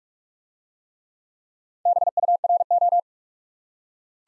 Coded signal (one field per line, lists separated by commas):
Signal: Morse code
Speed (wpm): 43 wpm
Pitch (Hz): 700 Hz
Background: none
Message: BURO